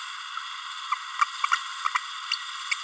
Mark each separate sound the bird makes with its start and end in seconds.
0.91-0.95, 1.51-1.56, 1.94-1.98, 2.31-2.36, 2.71-2.74